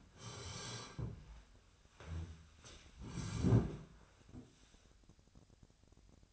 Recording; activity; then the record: daily activity, microphone in the room; sit down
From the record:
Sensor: 2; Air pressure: 1015.1 hPa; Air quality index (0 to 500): 171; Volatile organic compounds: 10 ppm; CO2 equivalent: 2222 ppm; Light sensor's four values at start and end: 12/33/13/14 and 12/33/13/14